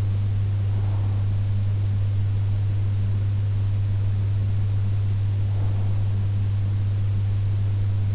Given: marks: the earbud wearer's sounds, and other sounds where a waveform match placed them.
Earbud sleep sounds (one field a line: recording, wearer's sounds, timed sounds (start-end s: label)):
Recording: sounds in sleep by an in-ear microphone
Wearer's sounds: breath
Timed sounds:
0.00-2.00 s: breath
4.33-6.33 s: breath